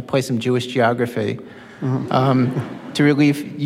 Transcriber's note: laughter